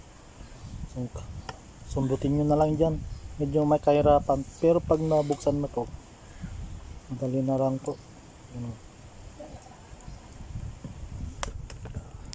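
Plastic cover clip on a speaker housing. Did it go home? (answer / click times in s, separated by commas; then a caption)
released / 11.4 s. Someone talks while prying the plastic radiator cover off a mini desktop Bluetooth speaker, with quieter scraping and handling noise after the speech. At 11.4 s the hidden snap clip of the speaker housing releases with a sharp click, followed by a few smaller clicks, and the cover is now open.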